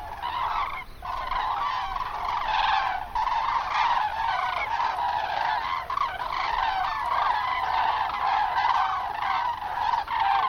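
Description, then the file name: Common cranes in a dense chorus of bugling, rattling trumpet calls, overlapping almost without pause for the whole stretch. "grus grus"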